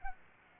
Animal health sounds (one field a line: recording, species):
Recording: mosquito wingbeat signal from an infrared sensor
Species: Aedes aegypti